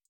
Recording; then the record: hydrophone in a shrimp aquaculture tank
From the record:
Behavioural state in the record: feeding